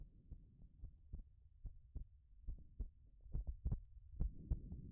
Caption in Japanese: ママの手のひらを通して、 ママの心臓の音。